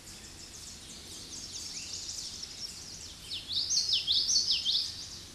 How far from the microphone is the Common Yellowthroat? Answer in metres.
about 10 m